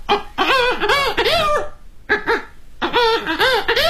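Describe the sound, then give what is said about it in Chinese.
A vocal mimicry performer using circular breathing imitates an old hen clucking and a rooster crowing at once, combining several animal sounds into layered, rising-and-falling squawks in three loud bursts separated by short pauses. “你比如说，老母鸡，是吧？它这种声音，用那个雄鸡的声音。”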